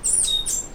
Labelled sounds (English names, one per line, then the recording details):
Stitchbird song
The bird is a male
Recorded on Tiritiri Matangi Island, New Zealand, in 2005
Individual 2, of nest box 2